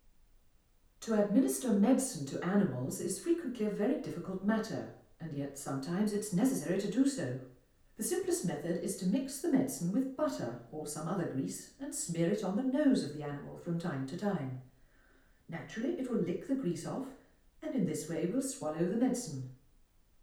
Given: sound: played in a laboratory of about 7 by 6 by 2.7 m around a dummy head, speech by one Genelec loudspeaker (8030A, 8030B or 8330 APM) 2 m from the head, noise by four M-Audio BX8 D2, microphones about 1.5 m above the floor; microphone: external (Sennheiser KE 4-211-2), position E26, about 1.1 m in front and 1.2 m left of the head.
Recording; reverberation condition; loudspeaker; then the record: female speech in English; medium; 150 degrees to the right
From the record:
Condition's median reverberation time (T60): about 510 ms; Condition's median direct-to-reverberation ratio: about -0.5 dB